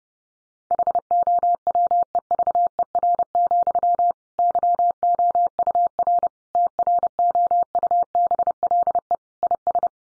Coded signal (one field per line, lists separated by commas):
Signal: Morse code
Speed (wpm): 30 wpm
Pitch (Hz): 700 Hz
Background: none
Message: HOWEVER, YOUR TROUBLE IS